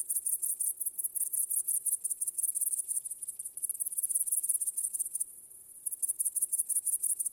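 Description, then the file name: Crickets chirping steadily in high, shrill pulses, about three each second, with a brief softer gap near the end. "świerszcze"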